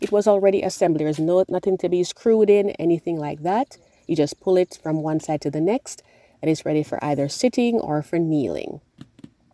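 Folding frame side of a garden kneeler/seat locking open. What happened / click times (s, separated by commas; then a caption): The folding frame is handled but not yet locked open / none. Someone talks about a pre-assembled Aimerla folding garden kneeler that needs no screws and is pulled open from one side to the other for sitting or kneeling. A few faint, sharp handling sounds follow near the end as the folding frame is worked. Nothing has snapped or locked into place yet.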